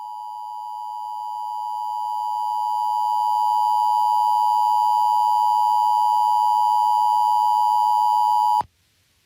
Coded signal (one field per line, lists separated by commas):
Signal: Emergency Alert System (SAME) tones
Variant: 853 and 960 Hz attention tone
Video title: [Part 1] Alerts from 4/6/23 - 6/14/23 [EAS #367-399]